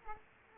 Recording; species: mosquito wingbeat signal from an infrared sensor; Aedes aegypti